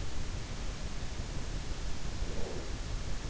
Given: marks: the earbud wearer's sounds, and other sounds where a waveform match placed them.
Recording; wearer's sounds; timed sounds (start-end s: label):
sounds in sleep by an in-ear microphone; breath
1.96-3.00 s: breath